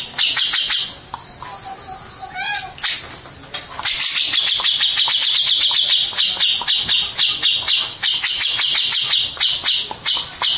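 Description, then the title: Birds chirping: quick high notes at first, a quieter gap with a few squeaky sounds, then a sustained loud rapid chattering chorus. Mixed birds. "Burung Campur2"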